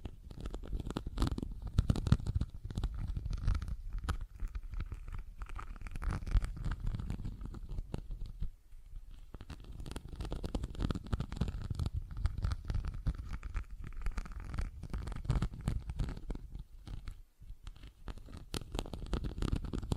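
Tapping and scratching sounds run almost without pause, a dense patter of quick, irregular taps and rubbing strokes heavy in the low end. A zipper-like rasp may be among them. Brief quiet gaps fall near 8.5 and 17 seconds.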